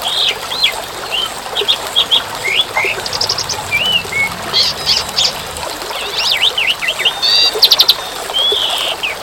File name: suara burung jalak suren dan tengah hujan